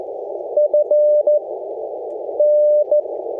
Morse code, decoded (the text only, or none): FN